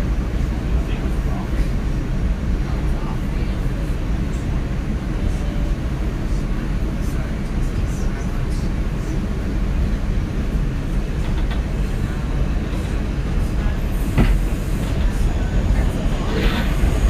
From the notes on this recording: Noises of streets, subway and museums in New York City